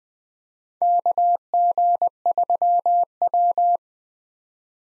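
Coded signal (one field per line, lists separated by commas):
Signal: Morse code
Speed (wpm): 20 wpm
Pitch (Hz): 700 Hz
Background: none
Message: KG3W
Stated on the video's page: Morse practice of common SOTA chaser call signs at 20 wpm, each sent twice around a spoken version, for head-copy.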